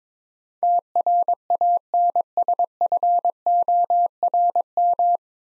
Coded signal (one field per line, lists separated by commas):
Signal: Morse code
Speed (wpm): 21 wpm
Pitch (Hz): 700 Hz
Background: none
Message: TRANSFORM